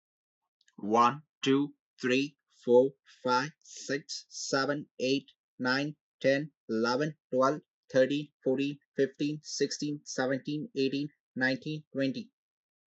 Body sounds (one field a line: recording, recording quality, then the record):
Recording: counting at a normal pace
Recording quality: excellent, no background noise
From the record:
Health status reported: healthy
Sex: male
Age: 24 years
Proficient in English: yes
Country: India